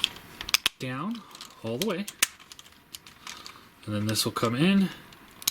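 A plastic limb panel of a transforming Transformers robot toy, the Zeta Blitzkieg (Onslaught), is handled and folded down during transformation so it can move into its tab slot. Sharp plastic clicks and taps are heard near the start and end, with softer handling sounds in between while someone talks. Nothing has seated or clicked into place yet.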